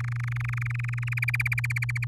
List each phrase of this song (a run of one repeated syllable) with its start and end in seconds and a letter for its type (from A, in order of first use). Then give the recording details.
0.00-1.20 A, 1.22-2.05 B. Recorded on 8 May 2018 at 05:56. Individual llb16